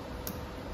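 A child pushes a seat belt tongue into its buckle in an old car. A single sharp click is heard at 0.3 s as the tongue latches and seats in the buckle.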